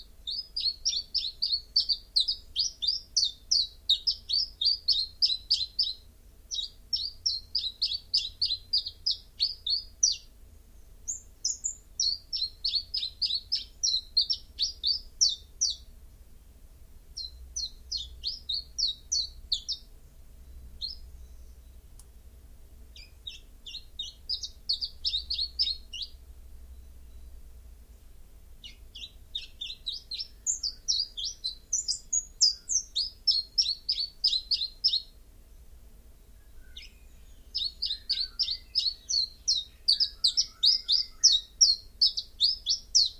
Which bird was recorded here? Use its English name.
Common Chiffchaff